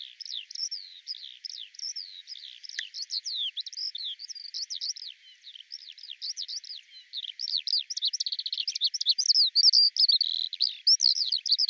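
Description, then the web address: Eurasian skylark pouring out song, a dense torrent of chirps and slurred notes that grows louder toward the end. "Deverinetal 2025 Bird Al Ar"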